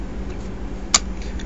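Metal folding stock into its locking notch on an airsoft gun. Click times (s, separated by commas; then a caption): 1.0 s. The metal folding stock of a KWA MAC 11 gas blowback airsoft submachine gun is extended until it locks into its notch, producing a single sharp, bright click at 1.0 s over a steady low hum, followed by a faint tick at 1.4 s. The stock seats firmly in its locked position, though it has a little play when retracted.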